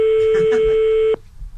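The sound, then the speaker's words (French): A steady, mid-pitched telephone ringback tone hums loudly for about a second as a callback to a client goes unanswered, then cuts off abruptly, leaving quiet background. Faint voices murmur underneath the tone. “Vas-y, rappelle-le. Pourquoi il t'a mis un vent, lui?”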